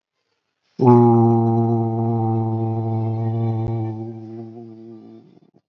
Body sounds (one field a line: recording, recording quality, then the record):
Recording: sustained vowel as in boot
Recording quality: excellent, no background noise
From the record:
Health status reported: healthy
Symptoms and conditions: fever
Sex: male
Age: 40 years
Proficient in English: yes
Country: India